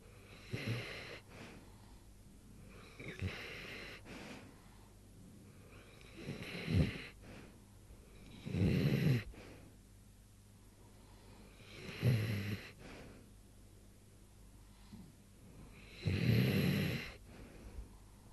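Slow, irregular rattling snores about eight a minute, low and throaty with soft breathy gaps between, from an animal named Morris.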